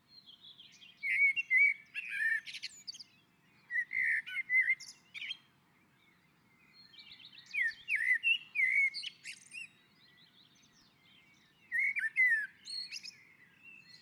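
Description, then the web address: Common blackbird song, mellow whistled warbles each tailing into high squeaky notes, four phrases with short pauses between. Singing on a roof. "Naturinspelningar Koltrast på taket"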